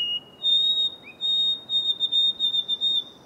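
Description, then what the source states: White-throated sparrow song: pure, high whistled notes, a long held tone followed by a series of steady repeated whistles on one pitch. Recorded repeatedly for a collection of about 1,200 recordings, because birds make many different sounds that vary among individuals.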